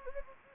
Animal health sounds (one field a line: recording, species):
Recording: mosquito wingbeat signal from an infrared sensor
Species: Anopheles gambiae